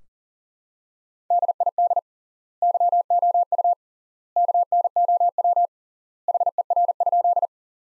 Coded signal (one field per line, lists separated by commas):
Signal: Morse code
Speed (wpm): 40 wpm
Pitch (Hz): 700 Hz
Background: none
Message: DID YOU KNOW HER?